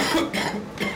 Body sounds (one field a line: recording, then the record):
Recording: coughing mixed with background sound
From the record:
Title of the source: Man Coughing Sound - Wet Cough Sound Effect